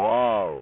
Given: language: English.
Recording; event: throat vibration sensor signal played as sound; speech